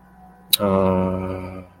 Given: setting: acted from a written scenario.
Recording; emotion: vocal sound without words; sympathy